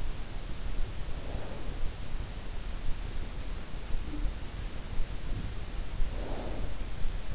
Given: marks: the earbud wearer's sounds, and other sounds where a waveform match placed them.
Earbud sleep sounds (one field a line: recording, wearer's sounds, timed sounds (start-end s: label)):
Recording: sounds in sleep by an in-ear microphone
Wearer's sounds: snoring breath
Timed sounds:
0.96-1.67 s: snoring breath
6.19-6.79 s: snoring breath